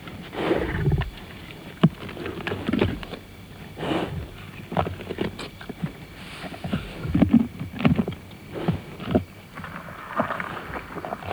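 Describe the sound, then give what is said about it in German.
A lioness tears open a wildebeest's belly and eats its entrails: irregular wet squelches, rips and chewing bursts, mixed with heavy snuffling breaths, with no voices. “Dann drückte ihr Kopf in den Bauch, packte den ersten Teil der Eingeweide und kam blutig und schwer atmend wieder zurück.”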